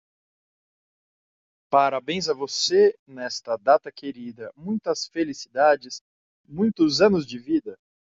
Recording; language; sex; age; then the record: short text; Brazilian Portuguese; male; 40 to 49 years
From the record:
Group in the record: control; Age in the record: 44 years